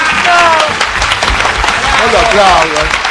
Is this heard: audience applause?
yes